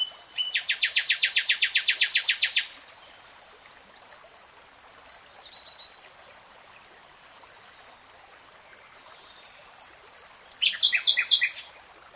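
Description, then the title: Nightingale song: a fast, loud trill of repeated notes for about two seconds, then quiet pure whistles and a series of sharp chirping phrases growing louder, ending in another rattle. Nightingale singing in real time. "[Tiếng chim hót] 3 Hours REALTIME Nightingale Singing"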